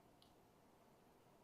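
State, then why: Seated. A crimped GM open-barrel wire terminal is pushed into a male weatherproof plastic connector housing until its locking ears catch. A single short, faint click sounds at 0.2 s over a steady low background hiss. The terminal is seated and locked into place.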